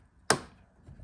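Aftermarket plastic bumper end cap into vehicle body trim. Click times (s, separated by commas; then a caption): 0.3 s. A 3D-printed low-profile plastic aftermarket bumper end cap for a 5th Gen Toyota 4Runner is lined up and pushed firmly onto the vehicle's plastic body trim until its plastic retaining pieces grab. A single sharp, loud click is heard at 0.3 s, fading quickly into a quiet background. The end cap snaps into place and is seated.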